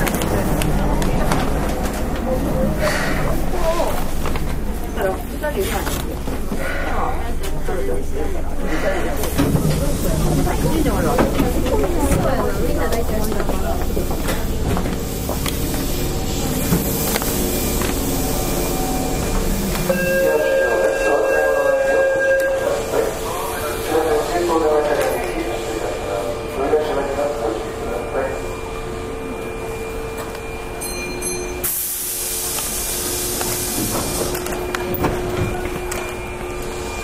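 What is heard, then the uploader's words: Running sound from inside a Keihan 6000 series train: a steady low rumble with rhythmic clattering through the first twenty seconds, then a quieter stretch with sustained whining tones and a faint voice. A short hiss and shift occur near thirty-two seconds. 京阪電車 6000系 急行 枚方市から祇園四条まで. 京阪電気鉄道 6000系電車の走行音です。 急行列車にて録音しました。 It is a running sound of a 6000 series train.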